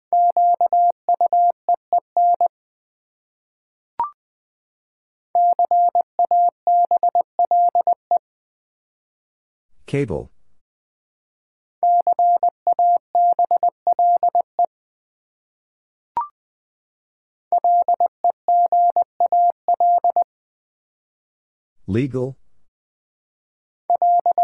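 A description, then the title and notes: Morse code beeps at one steady mid pitch tap out repeated bursts, separated by faint clicks and two brief crackling noises near ten and twenty-two seconds. Five Letter Words - 20wpm. First, the word is sent in Morse code.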